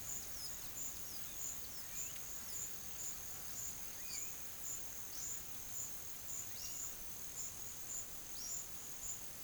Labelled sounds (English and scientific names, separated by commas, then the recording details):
none
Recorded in pastures near Puerto Asís, Putumayo, Colombia, on 25 June 2025 at 14:30
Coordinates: 0.487, -76.322
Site H26